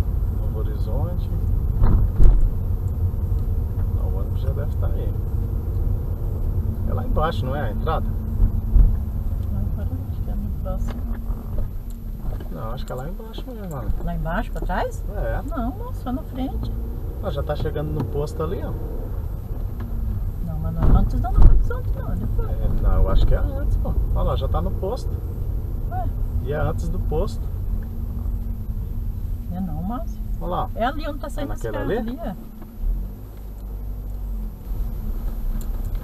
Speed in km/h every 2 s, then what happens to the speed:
26, 26, 28, 29, 25, 9, 6, 9, 13, 18, 17, 21, 24, 20, 11, 4, 0, 0.
0-7 steady at about 26. 7-11 brakes to 6. 13-25 speeds up to 24. 25-31 brakes to 0. 31-34 standing.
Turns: none.